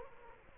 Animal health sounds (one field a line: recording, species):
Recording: mosquito wingbeat signal from an infrared sensor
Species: Culex quinquefasciatus